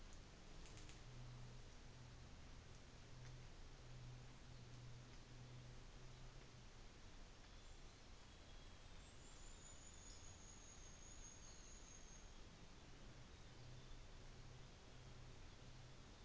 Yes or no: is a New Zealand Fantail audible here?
yes